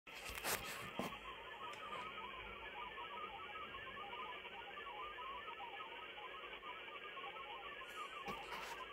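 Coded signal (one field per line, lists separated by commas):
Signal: multi-tone FSK (Olivia or MFSK type)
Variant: Olivia 32/1K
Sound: warbling chain of short tones hopping quickly within a narrow band, under steady hiss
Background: radio static, occasional crackles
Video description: got this one right first time. 32/1K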